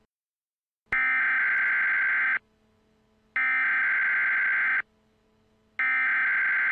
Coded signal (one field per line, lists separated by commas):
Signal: Emergency Alert System (SAME) tones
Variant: header bursts